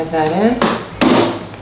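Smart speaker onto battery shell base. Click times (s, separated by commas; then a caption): 1.0 s. Someone talks while a second-generation Echo smart speaker is pressed down onto its plastic extended-battery shell base. A sharp snap at 1.0 s marks the speaker seating into place on the base.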